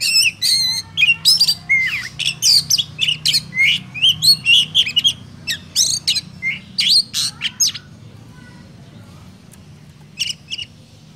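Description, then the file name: Oriental magpie-robin song: a rapid run of varied whistles, chirps and harsh buzzy notes for about eight seconds, then near silence with a brief final phrase. Lure sound used for bird trapping. "suara burung kacer pikat"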